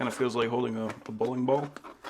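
A collapsible fabric folding stool is being handled while someone talks, with faint handling noises under the speech. The stool's section is about to be pulled out and twisted so it locks into its extended position, but nothing has seated or clicked yet.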